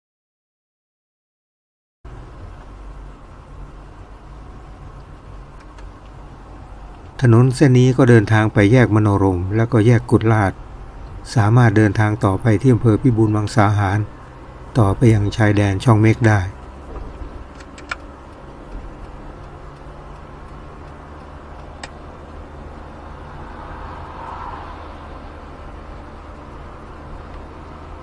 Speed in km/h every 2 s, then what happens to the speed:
20, 22, 23, 20, 21, 25, 28, 30, 32, 33, 34, 36, 37, 37.
0-7 steady at about 20. 7-16 speeds up to 32. 16-28 steady at about 34.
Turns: none.